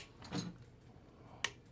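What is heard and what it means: A click-type torque wrench tightens a bolt for the brake shoe anchor pin on a GY6 scooter engine with an SSP-G 180cc power kit. A soft, broad scrape of the wrench turning around 0.4 s is followed by a sharp, bright click at 1.4 s. The wrench has clicked, so the bolt is torqued to ten foot-pounds.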